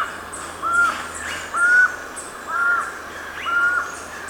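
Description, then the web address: Black-mandibled toucan giving arched, yelping call notes, four of them, repeated about once a second. Ecuador. "Natures Songs S America Birds of Ecuador. Black-Mandibled Toucan"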